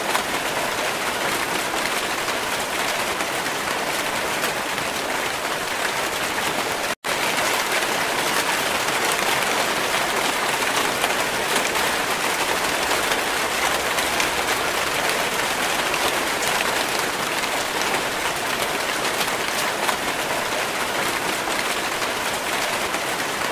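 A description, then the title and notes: Heavy rain falls in a dense, steady hiss, bright and crowded with tiny droplet impacts from start to finish. The level barely changes, apart from a sudden full cut to silence for an instant near the seven-second mark. Heavy Rainfall Sound Loop.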